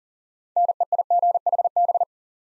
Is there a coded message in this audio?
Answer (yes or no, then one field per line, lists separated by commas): yes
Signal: Morse code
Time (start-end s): 0.6-2.0 s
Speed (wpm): 39 wpm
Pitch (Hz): 700 Hz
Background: none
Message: NEIGHB